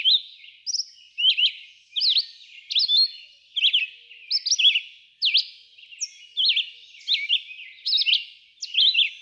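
Red-eyed vireo song, a string of brisk, slurred whistled phrases, each varying slightly, repeated with short gaps.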